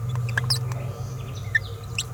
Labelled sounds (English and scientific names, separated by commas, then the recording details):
Green-rumped Parrotlet (Forpus passerinus) babbling
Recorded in a nest box in Venezuela
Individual 18B17A4